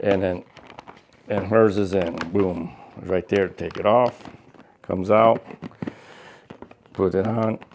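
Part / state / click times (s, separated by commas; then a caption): motorcycle brake light into its adhesive mount / not seated / none. Someone talks while a motorcycle smart brake light is taken off its adhesive mount and put back into the hole on the mount, ready to slide down until it snaps home. Faint short handling ticks come between about 5.9 and 6.9 s. The light has not seated on the mount yet, and no snap has been heard.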